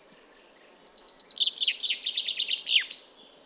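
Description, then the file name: Common chaffinch song: a fast, high trill of repeated notes that descends in steps, then ends in a sharp downward flourish, all in under three seconds. "Fringilla coelebs"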